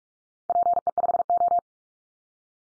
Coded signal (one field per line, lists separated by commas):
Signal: Morse code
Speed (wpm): 44 wpm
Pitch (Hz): 700 Hz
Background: none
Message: PE5O